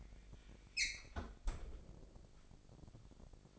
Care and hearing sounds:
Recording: daily activity, microphone in the room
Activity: close fridge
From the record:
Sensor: 5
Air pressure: 1002.0 hPa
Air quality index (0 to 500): 209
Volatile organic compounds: 21 ppm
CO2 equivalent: 2715 ppm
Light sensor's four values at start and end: 11/25/10/12 and 10/23/9/10

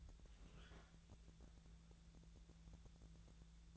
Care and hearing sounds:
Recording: daily activity, microphone in the room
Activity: open fridge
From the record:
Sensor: 3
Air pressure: 1000.0 hPa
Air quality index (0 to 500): 127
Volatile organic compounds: 2 ppm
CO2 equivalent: 1134 ppm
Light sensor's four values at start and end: 43/109/46/51 and 43/108/46/51

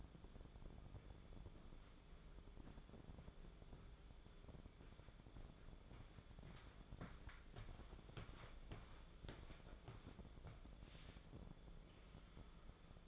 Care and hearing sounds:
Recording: daily activity, microphone in the room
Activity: walk to room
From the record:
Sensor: 5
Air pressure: 1010.5 hPa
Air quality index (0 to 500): 110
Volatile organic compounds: 2 ppm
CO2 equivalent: 1080 ppm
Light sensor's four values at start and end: 509/1323/545/633 and 522/1338/556/648

